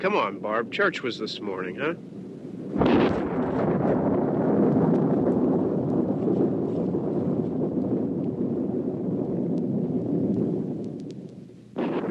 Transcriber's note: soundbite of thunder